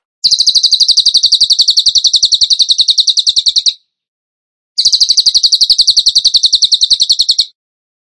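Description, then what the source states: Bird song: two long, steady, very rapid high trills of even pulses, with a pause between them. Masteran (training song) in tembakan gacor style.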